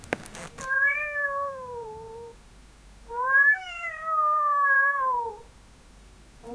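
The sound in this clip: Cat crying with two long, drawn-out meows that slowly fall in pitch, preceded by a brief knocking sound at the start, and the start of another meow at the end.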